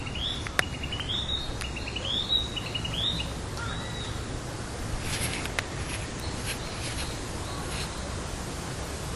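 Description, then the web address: Narcissus flycatcher song: a run of high, slurred whistled phrases in the opening seconds, then only background noise. "udragon kibitaki"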